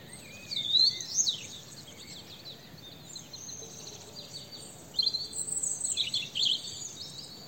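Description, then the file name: European robin giving thin, high, varied notes and short sliding phrases in scattered bursts, with a steady hiss of background noise. "Erithacus rubecula"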